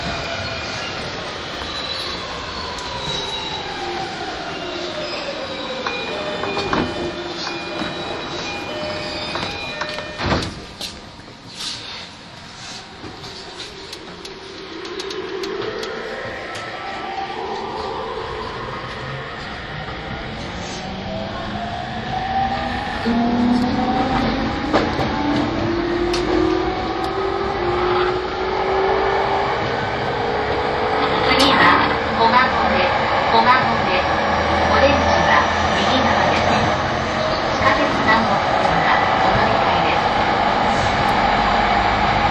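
An E231 series Yamanote Line train on the outer loop, with motor tones sliding downward as it slows, then rising steadily from about 20 seconds as it accelerates. A few sharp clunks come near 7 and 10 seconds, over constant running rumble and faint voices.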